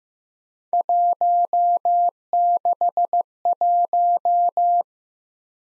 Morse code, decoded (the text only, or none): 161